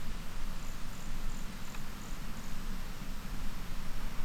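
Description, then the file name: Toadlet giving one run of six high, thin notes about a third of a second apart, over constant hissing background noise. Recorded at the Salto Morato private natural heritage reserve, Brazil, on 10 March 2016; the calling animal was not collected. "Brachycephalus sulfuratus Reserva Particular do Patrimonio Natural Salto Morato not collected 10 marco 2016 MRBornschein"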